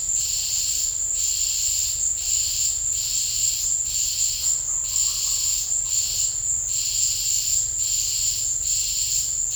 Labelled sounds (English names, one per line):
none